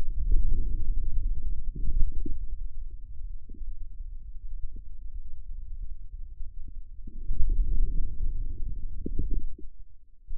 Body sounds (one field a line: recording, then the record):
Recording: forearm muscle sounds (acoustic myography)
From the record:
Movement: outward rotation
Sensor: system 2, bracelet of six BSWA MPA416 microphones around the upper forearm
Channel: 3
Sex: male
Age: 22 years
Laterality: right